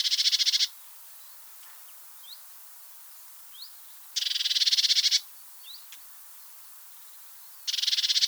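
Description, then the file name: Eurasian blue tit harsh churring calls: three buzzy, rapidly pulsed rasps, with faint thin rising notes between them. "Cyanistes caeruleus"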